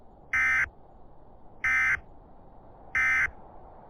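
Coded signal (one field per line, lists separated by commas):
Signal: Emergency Alert System (SAME) tones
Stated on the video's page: Simulated EAS nuclear disaster scenario for New York state.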